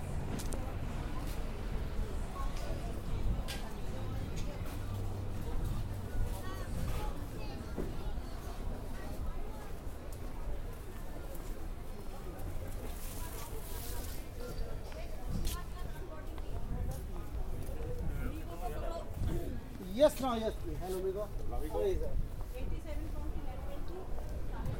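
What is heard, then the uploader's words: A busy street scene on arrival in Brixton's Electric Avenue, with a constant low rumble of traffic and a crowd murmuring throughout. Voices rise and fall over the steady background, and around twenty seconds a sharp knock cuts through, followed by clearer, livelier talking. To Brixton (Electric Avenue). Took the train and tube to Brixton, arriving in Electric Avenue.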